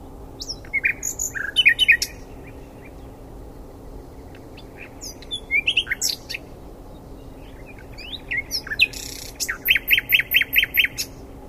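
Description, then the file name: Common nightingale singing in separate bursts, each phrase a quick mix of sharp chirps, buzzy notes and rapid repeated clicks, with short pauses between phrases. "Luscinia megarhynchos"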